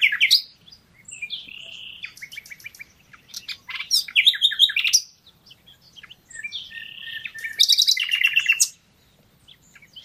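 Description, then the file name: Common nightingale song, varied phrases of rapid repeated notes, whistles and harsh trills, separated by short pauses. "Luscinia megarhynchos"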